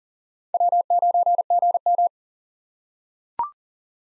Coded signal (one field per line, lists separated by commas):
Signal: Morse code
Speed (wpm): 37 wpm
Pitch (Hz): 700 Hz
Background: none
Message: W9GM